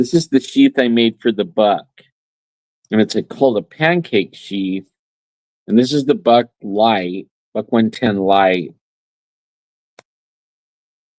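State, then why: Seated. A Buck 110 Light folding knife is pushed into a handmade leather pancake sheath while someone talks. After a pause, a short, sharp snap at 10.0 s shows the knife popping into place and seating in the sheath.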